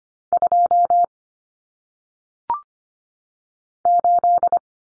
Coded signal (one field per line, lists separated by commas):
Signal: Morse code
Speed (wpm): 25 wpm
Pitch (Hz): 700 Hz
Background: none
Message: 2 8